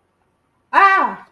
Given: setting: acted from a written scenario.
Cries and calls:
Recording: vocal sound without words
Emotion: fear

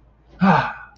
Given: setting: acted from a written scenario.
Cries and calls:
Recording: vocal sound without words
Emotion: triumph

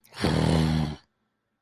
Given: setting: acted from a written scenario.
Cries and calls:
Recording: vocal sound without words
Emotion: anger

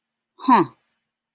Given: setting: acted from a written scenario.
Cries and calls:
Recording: vocal sound without words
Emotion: confusion

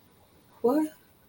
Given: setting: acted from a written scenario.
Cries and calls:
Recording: vocal sound without words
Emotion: confusion

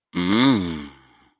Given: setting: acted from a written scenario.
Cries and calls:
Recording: vocal sound without words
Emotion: desire

